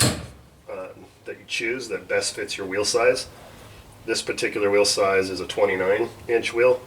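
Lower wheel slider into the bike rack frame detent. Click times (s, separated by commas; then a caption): 0.0 s. The lower wheel slider of a truck-bed bike rack clicks into its detent position in the rack frame at 0.0 s, seated to suit the wheel size. Someone then talks for the rest of the clip about setting it for a 29-inch wheel.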